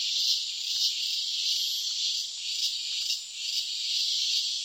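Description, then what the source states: Crickets in a dense night chorus, a continuous high shrill buzz with gentle pulsing swells, many insects overlapping throughout. Night chorus of crickets and cicadas.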